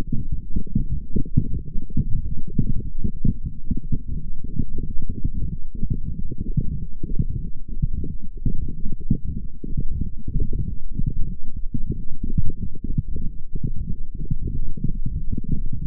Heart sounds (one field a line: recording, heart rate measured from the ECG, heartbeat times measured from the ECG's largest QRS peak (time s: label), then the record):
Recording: heart sounds by microphone in the left ear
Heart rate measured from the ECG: 93 bpm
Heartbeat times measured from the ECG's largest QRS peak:
0.55 s: heartbeat
1.20 s: heartbeat
1.85 s: heartbeat
2.50 s: heartbeat
3.16 s: heartbeat
3.83 s: heartbeat
4.49 s: heartbeat
5.15 s: heartbeat
5.82 s: heartbeat
6.49 s: heartbeat
7.15 s: heartbeat
7.80 s: heartbeat
8.46 s: heartbeat
9.10 s: heartbeat
9.74 s: heartbeat
10.37 s: heartbeat
11.00 s: heartbeat
11.63 s: heartbeat
12.26 s: heartbeat
12.87 s: heartbeat
13.50 s: heartbeat
14.12 s: heartbeat
14.73 s: heartbeat
15.35 s: heartbeat
From the record:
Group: healthy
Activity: light exercise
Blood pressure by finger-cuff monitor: 127/92 mmHg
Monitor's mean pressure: 107 mmHg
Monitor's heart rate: 92 bpm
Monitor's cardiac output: 5.4 L/min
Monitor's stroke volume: 57 mL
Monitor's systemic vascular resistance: 1470 dyn s/cm5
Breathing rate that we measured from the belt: 23 breaths a minute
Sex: female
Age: 51 years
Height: 162 cm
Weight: 70.04 kg